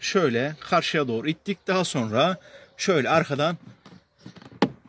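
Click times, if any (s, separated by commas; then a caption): 4.6 s. A plastic rear speaker cover on a Ford Tourneo Courier van is lined up with its front tabs in the holes of the interior trim panel, then pressed from behind while someone talks. A few faint handling taps lead to a single sharp snap at 4.6 s as the plastic clips seat into the panel, leaving the cover firmly in place.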